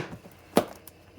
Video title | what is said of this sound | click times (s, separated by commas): Meatless: Fried Mushrooms as a Fried Chicken substitute.. | until it snapped and now what we're gonna do | 0.6 s